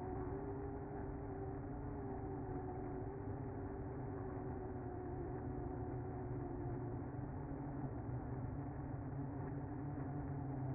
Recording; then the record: honeybee colony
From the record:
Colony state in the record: active